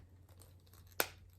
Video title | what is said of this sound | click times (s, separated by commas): Transformers Collection - 35th Anniversary Optimus Prime! | Okay, and then it makes a snap sound. It's supposed to | 1.0 s